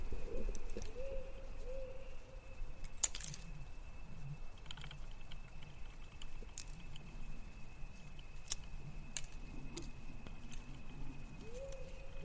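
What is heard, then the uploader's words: A low, wavering voice hums and moans softly beneath a steady, thin high whine and a dull rumble throughout. Sharp metallic clicks and jangles break in now and then, around 3, 6.5, 8.5 and 9 seconds, and a brief rising tone sounds near the start and end. Thai haunted cemetery ASMR Ambience เสียงบรรยากาศหลอนๆ ในป่าช้ากลางดึก. Female ghost walking around the cemetery looking for her lost baby , singing lullaby and call for help.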